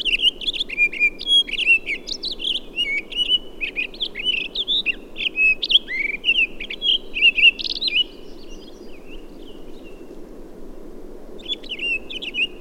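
Townsend's solitaire song, a long rich run of tumbling whistled and twittering notes for about eight seconds, then quiet, then a short warbled burst near the end.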